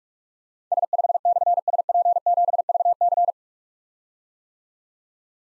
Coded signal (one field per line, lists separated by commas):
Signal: Morse code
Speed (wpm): 44 wpm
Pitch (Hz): 700 Hz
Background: none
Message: S5/SP7VC